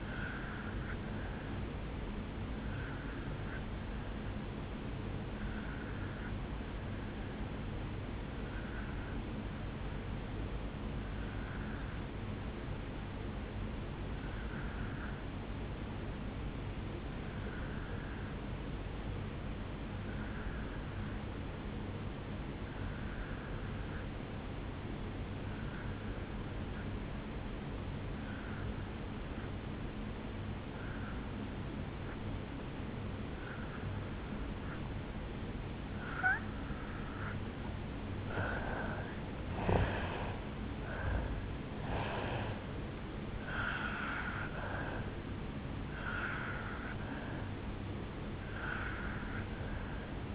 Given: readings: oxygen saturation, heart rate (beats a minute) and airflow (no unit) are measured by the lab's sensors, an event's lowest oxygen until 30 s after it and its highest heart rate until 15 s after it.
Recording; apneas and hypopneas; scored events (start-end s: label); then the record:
breathing in sleep by a voice recorder at the bedside; 1
6.00-36.70 s: obstructive apnea (N2, oxygen 97% highest, then 84% lowest, heart rate 59 at the start, 74 highest)
From the record:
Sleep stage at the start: N2 (light sleep); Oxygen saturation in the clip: 83 to 97%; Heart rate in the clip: 55 to 75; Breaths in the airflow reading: 5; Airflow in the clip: -11.7 to 6.3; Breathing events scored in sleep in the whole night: 449 in 7.0 hours asleep